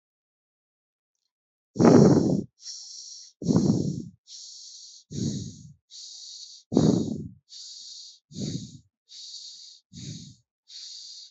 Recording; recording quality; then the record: shallow breathing; excellent, no background noise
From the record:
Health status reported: healthy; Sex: male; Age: 22 years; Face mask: not worn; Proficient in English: yes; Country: India